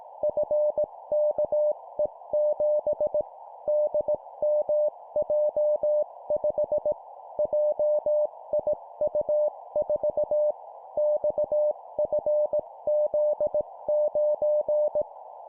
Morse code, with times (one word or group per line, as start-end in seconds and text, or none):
0.2-3.2 FKE7
3.7-6.9 DMJ5
7.4-10.5 JIU4
11.0-15.0 XFZ9